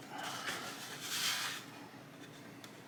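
A plastic flight deck section of a Trumpeter 1/350 USS Lexington CV-2 model is handled against the ship's hull, making soft, hissy plastic rustling that peaks around 1.2–1.5 s before quieting, with a couple of faint ticks near 2.2 and 2.6 s. Nothing has seated or clicked yet.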